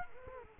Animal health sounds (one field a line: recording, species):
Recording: mosquito wingbeat signal from an infrared sensor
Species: Culex quinquefasciatus